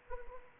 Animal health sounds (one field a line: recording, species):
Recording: mosquito wingbeat signal from an infrared sensor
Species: Anopheles arabiensis